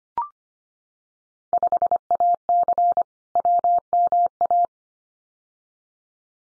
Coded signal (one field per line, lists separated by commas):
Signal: Morse code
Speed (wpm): 25 wpm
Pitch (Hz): 700 Hz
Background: none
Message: 5AC WMA